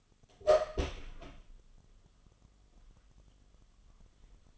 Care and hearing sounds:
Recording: daily activity, microphone in the room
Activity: open door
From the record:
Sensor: 4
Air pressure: 1005.8 hPa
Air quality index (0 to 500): 69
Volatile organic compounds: 1 ppm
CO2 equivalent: 838 ppm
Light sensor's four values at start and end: 14/31/12/12 and 13/29/11/11

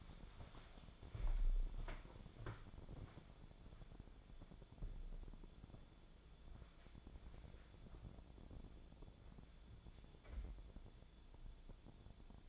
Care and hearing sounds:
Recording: daily activity, microphone in the room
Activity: walk to room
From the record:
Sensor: 5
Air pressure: 1000.0 hPa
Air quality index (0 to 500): 85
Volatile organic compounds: 1 ppm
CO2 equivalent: 700 ppm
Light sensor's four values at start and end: 367/898/381/428 and 365/906/380/426

